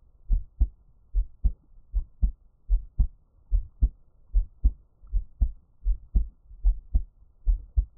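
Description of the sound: ASMR close-up of a normal adult heartbeat with no talking: steady lub-dub beats at about 73 per minute, low and soft.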